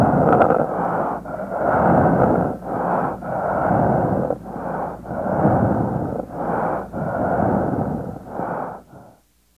A death rattle in a dying patient over the mouth.